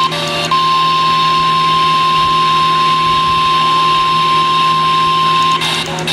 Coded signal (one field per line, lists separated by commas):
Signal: Emergency Alert System (SAME) tones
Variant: 1050 Hz attention tone